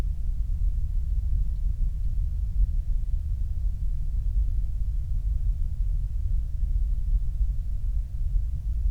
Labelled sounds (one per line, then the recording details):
flare stack
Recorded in the Prudhoe Bay oil fields, Alaska, on 8 July 2019 at 06:10
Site 25